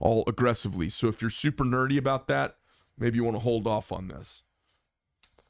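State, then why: Seated. A folding knife blade is worked between closed and open, snapping into its handle lock at about 5.2 s with a sharp click, followed by a faint second tick. It snaps closed and locks open nicely, with only a half stop in the middle. Someone talks for the first four and a half seconds before the click.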